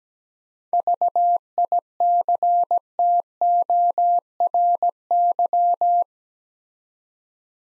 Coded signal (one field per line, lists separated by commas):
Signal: Morse code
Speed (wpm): 17 wpm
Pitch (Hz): 700 Hz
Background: none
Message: VICTORY